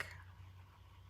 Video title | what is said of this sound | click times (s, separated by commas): Learn to put a pull on a ZIPPER and how to install two kinds of SNAPS! | push it down with your finger and listen for the click | 0.0 s